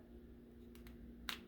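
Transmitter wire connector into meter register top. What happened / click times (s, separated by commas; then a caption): The wire connector snapped into its seat / 1.3 s. A transmitter wire connector is pushed into the register top of a water meter, past a small stop, until it seats. Two faint ticks at 0.8 and 0.9 s come before one sharp click at 1.3 s as it seats, over a steady low hum.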